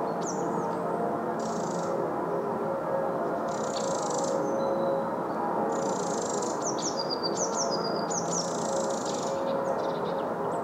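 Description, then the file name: Eurasian wren producing buzzy rattle calls and quick series of falling, whistled high notes, busiest in the second half, while a low, continuous rushing sound persists. "Troglodytes troglodytes"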